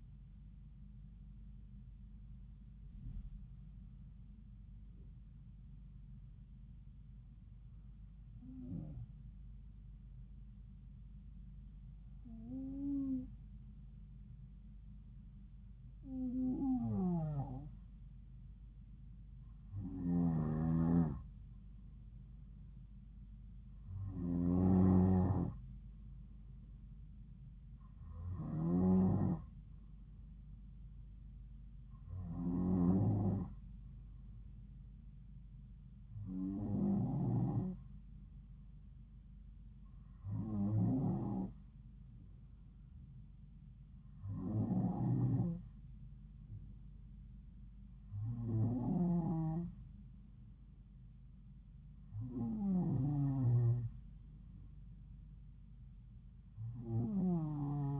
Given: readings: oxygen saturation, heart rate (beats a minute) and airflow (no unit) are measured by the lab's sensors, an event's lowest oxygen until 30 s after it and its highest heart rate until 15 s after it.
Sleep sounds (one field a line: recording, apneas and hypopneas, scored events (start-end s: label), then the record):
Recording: breathing in sleep by a smartphone at the bedside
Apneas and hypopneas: none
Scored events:
14.00-58.00 s: new sleep stage, N2 (light sleep)
From the record:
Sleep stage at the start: N1 (lightest sleep)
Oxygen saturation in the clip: 92 to 94%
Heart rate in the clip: 68 to 75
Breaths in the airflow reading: 14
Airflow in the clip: -3.9 to 3.2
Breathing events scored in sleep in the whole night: 270 in 6.1 hours asleep